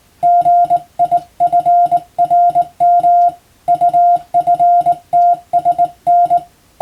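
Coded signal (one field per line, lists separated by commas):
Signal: Morse code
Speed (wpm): 21 wpm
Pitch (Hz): 700 Hz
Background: music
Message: GIFRM UFTSN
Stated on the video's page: Morse sent by a first-class radiotelegraph operator as training for the national radiotelegraph exam, using European-language telegram practice texts.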